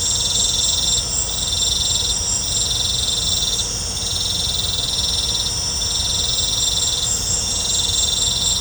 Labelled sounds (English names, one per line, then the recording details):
none
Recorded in pastures near Puerto Asís, Putumayo, Colombia, on 20 December 2024 at 18:30
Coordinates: 0.502, -76.324
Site G077